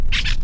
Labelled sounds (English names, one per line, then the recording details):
Brown-throated Parakeet contact call
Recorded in La Tortuga
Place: Isla La Tortuga
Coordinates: 10.925, -65.258